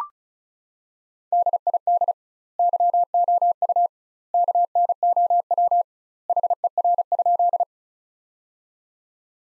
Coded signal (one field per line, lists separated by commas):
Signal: Morse code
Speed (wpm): 34 wpm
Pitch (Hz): 700 Hz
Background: none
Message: DID YOU KNOW HER?